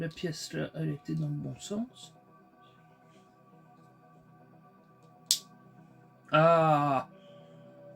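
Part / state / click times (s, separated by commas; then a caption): plastic building brick piece into a model car assembly / seated / 5.3 s. A plastic Lego piece, turned the right way round, is pressed into a Lego Batmobile assembly (ref 42127). Someone talks, then a sharp click is heard at 5.3 s and the piece clips into place. A short vocal exclamation follows, and the audible click shows it now fits better.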